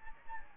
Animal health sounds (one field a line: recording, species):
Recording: mosquito wingbeat signal from an infrared sensor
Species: Anopheles gambiae